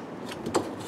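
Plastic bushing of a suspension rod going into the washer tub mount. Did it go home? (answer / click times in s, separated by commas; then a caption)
no / none. A washer suspension rod, fitted because the washer won't balance on spin, is being handled and pulled up so its plastic bushing can snap into the tub's mounting hole. A brief knock at 0.6 s rises over low handling noise, but nothing has seated or clicked into place yet.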